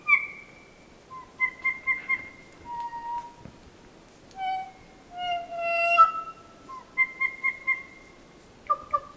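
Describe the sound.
Kokako song: a long series of pure, flute-like notes, some held and gliding, others short and clipped in rhythmic groups of three or four.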